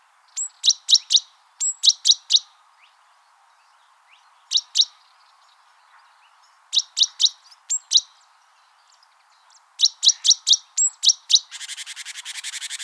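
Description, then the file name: Great tit giving groups of quick high chinking notes with occasional thin whistles, ending in a fast buzzy churring rattle. "Parus major"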